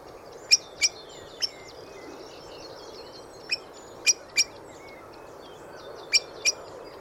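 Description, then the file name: Eurasian blackbird calls: short bursts of sharp, high ticking notes separated by pauses, over faint chattering of other birds. "Turdus merula"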